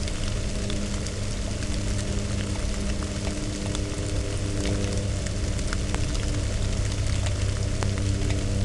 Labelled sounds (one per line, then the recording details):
rain
aircraft
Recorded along the Dalton Highway, Alaska, on 29 September 2019 at 14:44
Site 01